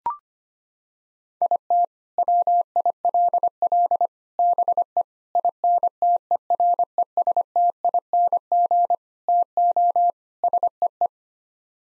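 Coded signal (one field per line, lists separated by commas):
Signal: Morse code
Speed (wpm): 25 wpm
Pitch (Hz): 700 Hz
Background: none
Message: IT WILL BE INTERESTING TO SEE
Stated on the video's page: Morse practice drill of six-word sets sent at 25 wpm for head-copying.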